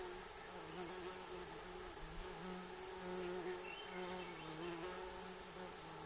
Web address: alaska acoustic highlights highlights audio INSECTS GAARFLOR 20180612 210329